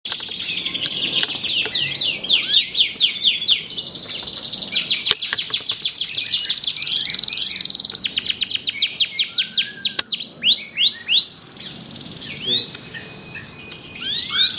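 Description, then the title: Canary singing a long varied song of rapid trills and sweeping notes, going quieter for a spell near the end before resuming. Belgian canary; warm-up song used to stimulate singing. "Canto Para Esquentar Canário Belga. SUARA BURUNG : Kenari"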